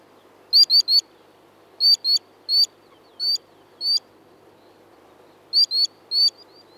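Bird chirping, sharp high rising notes, some in quick clusters of two or three and some single, each note clean and bright.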